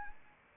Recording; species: mosquito wingbeat signal from an infrared sensor; Anopheles arabiensis